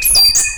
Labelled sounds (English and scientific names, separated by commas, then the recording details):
Stitchbird (Notiomystis cincta) song
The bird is a male
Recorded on Tiritiri Matangi Island, New Zealand, in 2005
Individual 3, of nest box 3